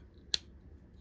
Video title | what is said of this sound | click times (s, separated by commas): Case 6265 SAB Knife Plus EDC Update and Mire Ganzo!!🔪🔪 | and you hear the snap? | 0.3 s